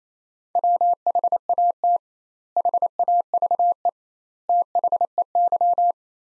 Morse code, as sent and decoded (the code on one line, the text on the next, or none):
.-- .... .- - / .... .- ...- . / - .... . -.--
WHAT HAVE THEY